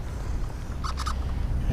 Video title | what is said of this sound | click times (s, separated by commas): Lowrance Ghost Trolling Motor: Unboxing, Installation, and Programming/Calibration | she won't latch all the way because of my step down here but | none